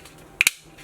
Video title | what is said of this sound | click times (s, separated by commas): Our Favorite Start Pages | It just snaps into place. | 0.4 s, 0.5 s